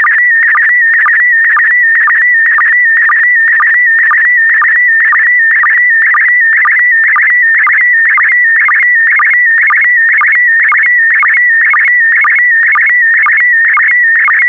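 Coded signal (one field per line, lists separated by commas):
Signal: SSTV (slow-scan television)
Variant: PD120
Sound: warbling tone around 2 kHz with rhythmic low blips about twice a second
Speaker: the next image transmission will start in 10 seconds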